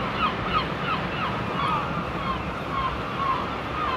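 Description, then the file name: Gulls calling, a chorus of short wailing cries overlapping throughout, over a steady roar of surf. Gulls on the shore. "Seagulls On the Shore"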